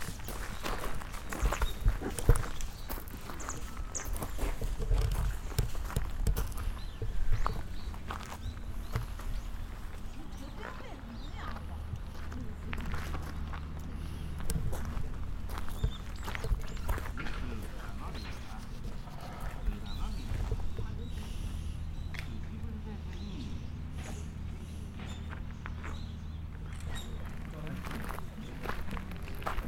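Walking at Nijō Castle in Kyoto: steady crunching footsteps throughout, faint voices, and a low steady drone setting in after the first few seconds.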